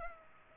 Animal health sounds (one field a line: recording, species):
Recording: mosquito wingbeat signal from an infrared sensor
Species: Culex pipiens